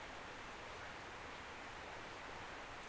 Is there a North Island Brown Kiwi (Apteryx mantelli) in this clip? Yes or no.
no